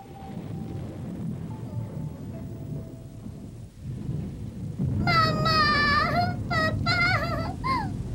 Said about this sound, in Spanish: Que no haya relámpagos, que no suenen los truenos, por favor.